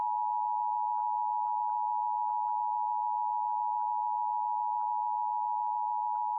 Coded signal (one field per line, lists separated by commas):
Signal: Emergency Alert System (SAME) tones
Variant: 853 and 960 Hz attention tone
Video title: Los Angeles Required Monthly Test (EAS #633-678) 7/25/23